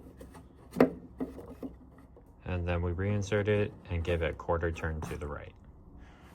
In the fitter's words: And then they just snap in. You'll hear a nice snap.